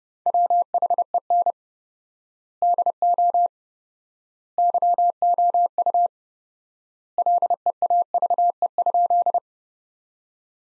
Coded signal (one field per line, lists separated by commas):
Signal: Morse code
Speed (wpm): 30 wpm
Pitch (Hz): 700 Hz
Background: none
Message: WHEN DO YOU LEAVE?